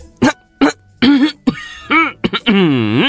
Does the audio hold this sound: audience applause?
no